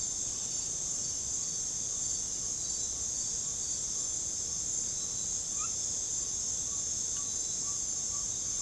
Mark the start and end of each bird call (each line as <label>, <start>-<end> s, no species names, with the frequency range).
bird call (0.8-2.0 kHz), 6.65-8.62 s